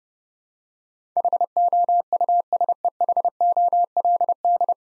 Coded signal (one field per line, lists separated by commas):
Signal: Morse code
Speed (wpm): 30 wpm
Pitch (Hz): 700 Hz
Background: none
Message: HOUSEHOLD